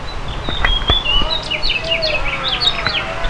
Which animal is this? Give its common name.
House Finch